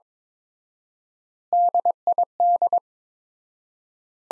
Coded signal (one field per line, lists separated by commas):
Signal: Morse code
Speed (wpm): 23 wpm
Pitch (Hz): 700 Hz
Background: none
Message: DID